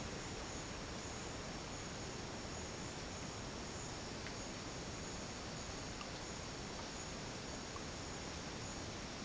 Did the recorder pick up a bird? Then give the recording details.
no. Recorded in dense forest near Puerto Asís, Putumayo, Colombia, on 24 March 2025 at 12:00. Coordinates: 0.481, -76.323. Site G088